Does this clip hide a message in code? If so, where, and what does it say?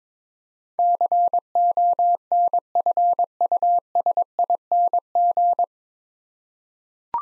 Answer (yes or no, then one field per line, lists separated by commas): yes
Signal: Morse code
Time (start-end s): 0.8-5.6 s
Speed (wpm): 22 wpm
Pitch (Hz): 700 Hz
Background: none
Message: CONFUSING